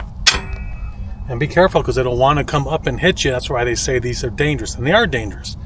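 While a farm jack is being lowered, its steel climbing pin has not yet dropped into the next hole of the jack's standard bar, so nothing has seated or clicked yet. A brief sharp knock sounds near 0.3 s, followed by someone talking over low background rumble.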